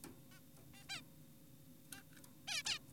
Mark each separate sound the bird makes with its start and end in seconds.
0.32-0.39, 0.74-0.84, 0.89-1.02, 1.92-2.03, 2.48-2.62, 2.66-2.79